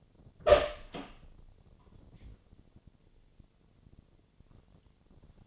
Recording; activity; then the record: daily activity, microphone in the room; open door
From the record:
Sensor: 4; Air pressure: 1008.2 hPa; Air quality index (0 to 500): 182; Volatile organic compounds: 5 ppm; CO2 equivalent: 1820 ppm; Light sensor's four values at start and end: 25/79/30/29 and 23/73/28/27